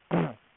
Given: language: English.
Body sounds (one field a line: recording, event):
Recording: throat vibration sensor signal played as sound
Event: throat clearing